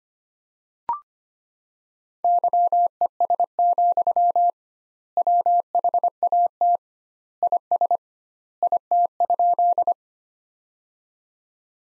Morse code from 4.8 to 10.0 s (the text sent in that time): WHAT IS IT?